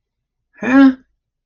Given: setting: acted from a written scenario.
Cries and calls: vocal sound without words; confusion

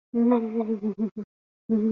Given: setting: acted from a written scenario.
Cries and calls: vocal sound without words; fear

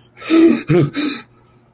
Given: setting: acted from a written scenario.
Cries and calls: vocal sound without words; negative surprise

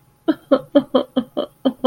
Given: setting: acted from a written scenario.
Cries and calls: vocal sound without words; sadness

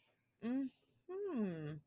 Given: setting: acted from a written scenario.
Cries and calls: vocal sound without words; realization

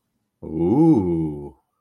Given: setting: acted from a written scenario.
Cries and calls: vocal sound without words; desire

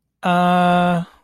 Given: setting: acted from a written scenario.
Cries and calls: vocal sound without words; confusion

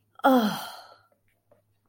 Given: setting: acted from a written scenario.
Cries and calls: vocal sound without words; relief

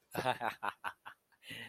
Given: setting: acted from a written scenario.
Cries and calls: vocal sound without words; amusement

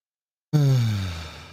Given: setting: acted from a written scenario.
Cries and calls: vocal sound without words; serenity

